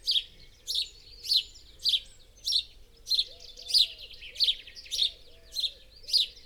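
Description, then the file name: House sparrow giving a run of harsh chirps, about ten in six seconds, evenly spaced, with soft low arched tones in the background. "Passer domesticus"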